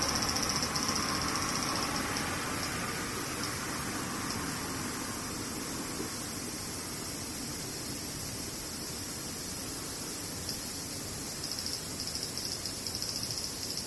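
Cicadas shrill in a steady, dense drone that runs the whole fourteen seconds. A high, pulsing buzz stands out at the start and returns from about ten seconds to the end. Underneath lies a constant low rumble, like passing traffic.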